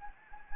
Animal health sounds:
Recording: mosquito wingbeat signal from an infrared sensor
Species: Anopheles gambiae

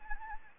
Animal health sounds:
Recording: mosquito wingbeat signal from an infrared sensor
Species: Anopheles gambiae

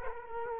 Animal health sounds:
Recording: mosquito wingbeat signal from an infrared sensor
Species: Culex quinquefasciatus

